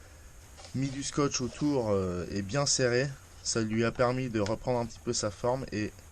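A man talks while the magnetic canopy hatch of an FMS Super Scorpion foam RC jet, reshaped after a crash by wrapping it tightly with tape, is handled near the fuselage. Only talking is heard, with no click, and the hatch has not seated or clicked shut yet.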